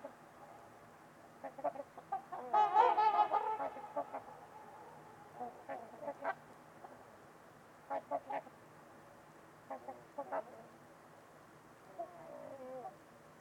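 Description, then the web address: Trumpeter swan honking calls, a loud cluster of overlapping trumpets early, then spaced single honks and pairs, over a low steady hiss. Several trumpeter swans at Winters Lake on a winter evening, in a deep, quiet valley with distant white noise. "Trumpeter Swans on a Winter's Eve. Nick-Mc Mahan Winters-Lake-with-Swan. Wind Is the Original Radio"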